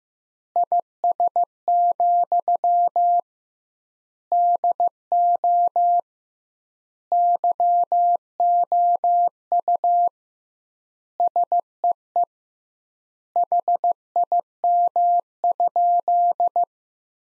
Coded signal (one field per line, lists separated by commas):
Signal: Morse code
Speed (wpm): 16 wpm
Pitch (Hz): 700 Hz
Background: none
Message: IS, DO YOU SEE HIM?